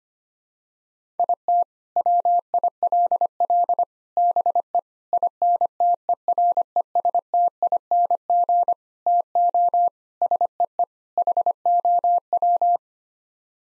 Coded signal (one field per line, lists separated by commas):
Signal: Morse code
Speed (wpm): 25 wpm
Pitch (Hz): 700 Hz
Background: none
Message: IT WILL BE INTERESTING TO SEE HOW